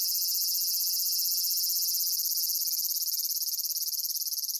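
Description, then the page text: Large brown cicada song, a continuous harsh sizzle that breaks into fast pulsing during the final seconds. Nikko, Japan, 18 August 2004. "Graptopsaltria nigrofuscata [Sounds -Nikko Today-]"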